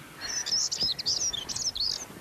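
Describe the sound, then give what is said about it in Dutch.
A songbird sings very short, rapid phrases of high, bright chirps and twittering notes, coming in quick bursts with brief gaps over a faint background hiss. “Hele korte riedeltjes zijn het.”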